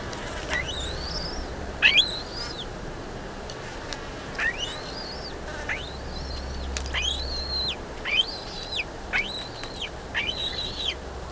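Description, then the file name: Black-breasted buzzard calling with a series of arched, slightly wavering whistles over a steady low rumble. "Hamirostra Melanosternon"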